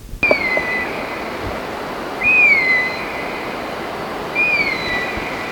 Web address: chant xeno-canto aigle des singes